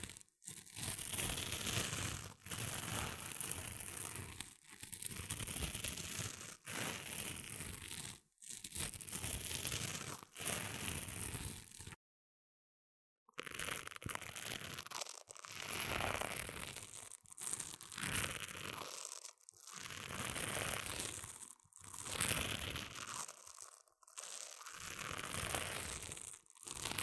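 Scratching and rubbing on an earphone microphone fills nearly the whole clip with dense, rough, crinkly noise. It comes in bursts of a second or two separated by brief gaps, with a full silent break around twelve seconds.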